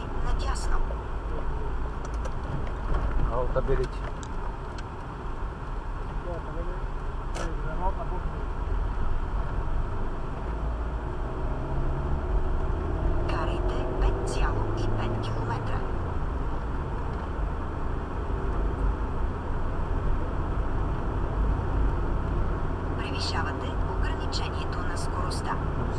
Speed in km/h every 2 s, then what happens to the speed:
21, 20, 16, 14, 17, 25, 35, 45, 45, 48, 51, 52, 51.
0-7 slows to 14. 7-21 speeds up to 52.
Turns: 3-10.